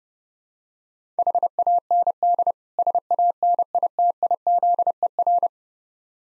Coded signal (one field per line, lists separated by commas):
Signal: Morse code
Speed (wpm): 29 wpm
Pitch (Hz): 700 Hz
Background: none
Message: HAND SANITIZER